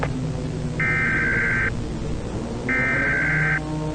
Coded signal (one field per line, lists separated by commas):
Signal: Emergency Alert System (SAME) tones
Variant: header bursts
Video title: First Patients - Agonia Cerebri Parasite | EAS Scenario | Emergency Alert System | Day 1 / Part 1